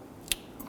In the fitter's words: push up you can feel and hear it click into place